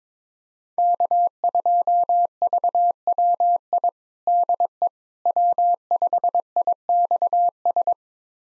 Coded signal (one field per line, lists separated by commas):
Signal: Morse code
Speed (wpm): 21 wpm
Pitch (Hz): 700 Hz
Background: none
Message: K2VWI DE W5IXS